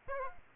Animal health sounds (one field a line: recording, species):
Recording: mosquito wingbeat signal from an infrared sensor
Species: Aedes aegypti